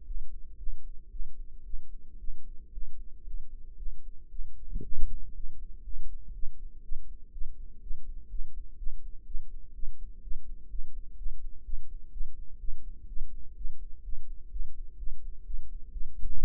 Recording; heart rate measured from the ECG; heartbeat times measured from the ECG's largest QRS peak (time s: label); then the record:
heart sounds by microphone in the right ear; 121 bpm
0.05 s: heartbeat
0.58 s: heartbeat
1.10 s: heartbeat
1.64 s: heartbeat
2.18 s: heartbeat
2.72 s: heartbeat
3.24 s: heartbeat
3.77 s: heartbeat
4.29 s: heartbeat
4.82 s: heartbeat
5.34 s: heartbeat
5.84 s: heartbeat
6.33 s: heartbeat
6.82 s: heartbeat
7.32 s: heartbeat
7.81 s: heartbeat
8.29 s: heartbeat
8.77 s: heartbeat
9.25 s: heartbeat
9.73 s: heartbeat
10.22 s: heartbeat
10.69 s: heartbeat
11.17 s: heartbeat
11.64 s: heartbeat
12.11 s: heartbeat
12.59 s: heartbeat
13.07 s: heartbeat
13.55 s: heartbeat
14.03 s: heartbeat
14.50 s: heartbeat
14.98 s: heartbeat
15.45 s: heartbeat
15.92 s: heartbeat
16.38 s: heartbeat
From the record:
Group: healthy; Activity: rest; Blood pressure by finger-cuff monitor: 146/78 mmHg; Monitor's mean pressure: 94 mmHg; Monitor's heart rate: 123 bpm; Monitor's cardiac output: 9.4 L/min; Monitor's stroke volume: 78 mL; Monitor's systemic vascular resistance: 730 dyn s/cm5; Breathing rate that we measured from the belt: 22 breaths a minute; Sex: female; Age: 19 years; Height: 163 cm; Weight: 51 kg